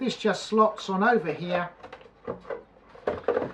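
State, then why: Seated. Someone talks while the wooden back panel of a 3D wooden ukulele kit is slotted onto the body and pulled up into place. Two sharp clicks at 3.1 s and 3.3 s mark the panel locking in, and it ends seated and locked.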